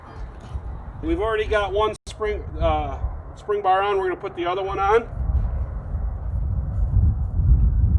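A steel spring bar for a trailer hitch head is being held at an angle, lined up before being pushed in; one spring bar is already on. Someone talks over low rumbling background noise with light metal handling. The bar has not seated or clicked yet.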